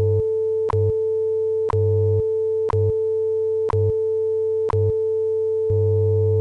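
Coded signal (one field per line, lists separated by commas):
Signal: radio time signal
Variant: WWV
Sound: continuous steady 500 Hz tone with low hum, sharp clicks once per second, six ticks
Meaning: Each tick marks one second of Coordinated Universal Time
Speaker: tone 19 hours two minutes coordinated Universal Time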